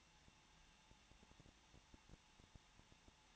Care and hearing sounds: daily activity, microphone in the room; no activity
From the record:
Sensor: 1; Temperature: 20.1 degrees Celsius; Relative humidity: 39.4%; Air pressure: 1006.4 hPa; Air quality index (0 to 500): 219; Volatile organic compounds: 83 ppm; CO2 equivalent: 3628 ppm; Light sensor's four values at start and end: 1/2/1/1 and 1/2/1/1

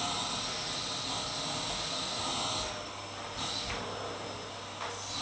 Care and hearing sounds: daily activity, microphone in the room; vacuum cleaning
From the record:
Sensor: 3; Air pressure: 995.2 hPa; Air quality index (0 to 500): 68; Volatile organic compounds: 4 ppm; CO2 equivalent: 1538 ppm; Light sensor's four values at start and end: 18/53/22/19 and 18/53/22/19

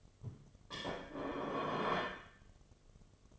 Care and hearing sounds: daily activity, microphone in the room; place plate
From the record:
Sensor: 4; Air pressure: 1005.1 hPa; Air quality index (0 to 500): 184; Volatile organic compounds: 5 ppm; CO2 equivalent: 1806 ppm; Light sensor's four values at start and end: 5/11/4/4 and 5/11/4/4

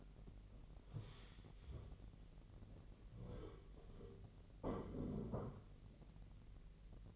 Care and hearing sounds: daily activity, microphone in the room; stand up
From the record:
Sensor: 4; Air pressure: 1002.4 hPa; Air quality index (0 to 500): 248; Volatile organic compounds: 37 ppm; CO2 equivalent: 3103 ppm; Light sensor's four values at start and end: 11/26/11/10 and 11/26/11/10

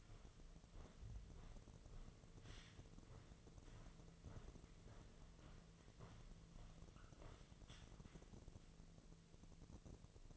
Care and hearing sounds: daily activity, microphone in the room; walk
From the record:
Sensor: 4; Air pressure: 1006.3 hPa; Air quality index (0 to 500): 84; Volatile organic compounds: 2 ppm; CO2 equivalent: 1034 ppm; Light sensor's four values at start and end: 12/27/10/10 and 12/27/10/10

